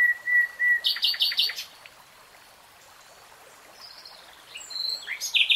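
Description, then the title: Nightingale song: piping whistles, a loud clicking rattle, a quiet gap, then varied scratchy notes and a buzzy flourish. Nightingale singing in real time. "[Tiếng chim hót] 3 Hours REALTIME Nightingale Singing"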